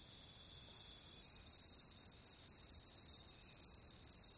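Crickets in a continuous high, shrill trilling chorus that fades in at the start and then holds steady.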